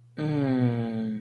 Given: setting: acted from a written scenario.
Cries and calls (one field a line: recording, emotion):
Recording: vocal sound without words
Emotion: contentment